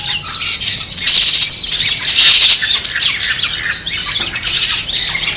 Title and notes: Suara Lomba untuk Terapi Mental Cendet. Masteran Burung Cendet